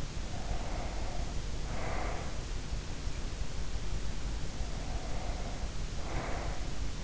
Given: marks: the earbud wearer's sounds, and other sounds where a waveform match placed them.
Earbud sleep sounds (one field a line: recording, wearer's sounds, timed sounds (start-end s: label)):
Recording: sounds in sleep by an in-ear microphone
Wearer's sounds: breath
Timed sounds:
0.03-2.59 s: breath
4.40-7.03 s: breath